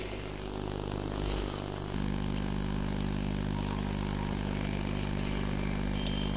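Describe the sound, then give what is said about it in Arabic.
Police vehicle engines idle with a steady, low droning rumble and a faint harmonic hum, growing slightly louder partway through and holding constant, with no voices; the police vehicles are arresting Christians. “ودي عربيات الشرطة بتعتقل المسيحيين.”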